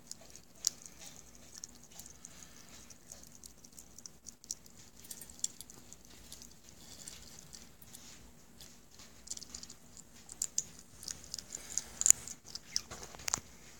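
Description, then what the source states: Hedgehog chewing: scattered crisp crunches and wet clicks, sparse at first, then busier and louder crunching toward the end. Hedgehog named Rainee, eating dinner.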